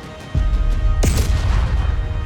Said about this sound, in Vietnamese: Năm lá phù đến trên người không cách nào gỡ xuống, lần lượt nổ tung, phát ra âm thanh chấn động vang rền.